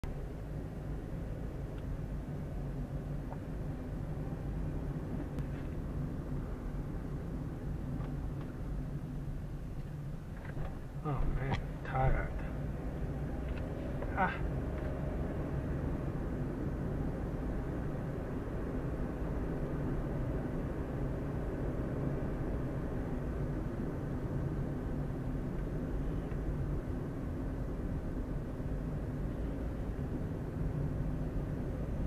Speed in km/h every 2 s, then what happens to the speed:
18, 21, 25, 24, 19, 15, 23, 30, 33, 36, 36, 36, 31, 27, 26, 27.
0-5 speeds up to 25. 5-10 slows to 15. 10-18 speeds up to 36. 22-27 slows to 26.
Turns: none.